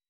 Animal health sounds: hydrophone in a shrimp aquaculture tank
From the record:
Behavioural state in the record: weakened

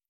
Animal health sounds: hydrophone in a shrimp aquaculture tank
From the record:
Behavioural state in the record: stressed

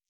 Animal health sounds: hydrophone in a shrimp aquaculture tank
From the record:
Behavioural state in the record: stressed

